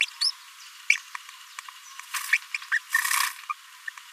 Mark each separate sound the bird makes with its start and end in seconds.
0.21-0.30, 0.90-0.96, 2.33-2.37, 2.54-2.57, 2.71-2.78, 3.49-3.53